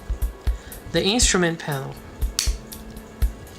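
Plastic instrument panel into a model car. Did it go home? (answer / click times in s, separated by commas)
yes / 2.4 s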